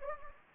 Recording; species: mosquito wingbeat signal from an infrared sensor; Anopheles gambiae